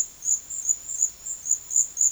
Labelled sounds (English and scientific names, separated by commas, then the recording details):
none
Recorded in pastures near Puerto Asís, Putumayo, Colombia, on 4 March 2025 at 13:00
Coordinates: 0.502, -76.324
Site GP07